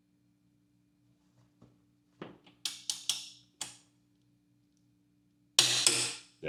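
A torque wrench with a hex socket slowly tightens the frame slider bolt of a no-cut frame slider on a 2025 GSXR 750 motorcycle frame, over a steady low hum. Faint taps are followed by sharp ticks at about 2.2, 2.7, 2.9, 3.1 and 3.6 s, then the wrench gives a loud, sharp click at 5.6 s with a second burst at 5.9 s. The recommended torque is reached.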